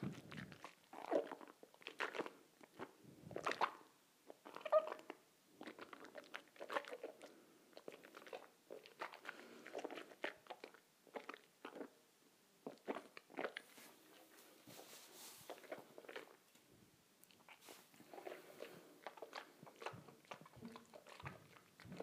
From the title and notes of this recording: ASMR Swishing Water in my Mouth.